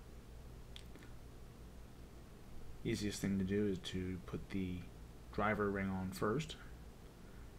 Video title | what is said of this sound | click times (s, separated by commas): HD700 Mod Kit Instructions | I find it easiest to line up the corners like that it snaps back into place | 0.8 s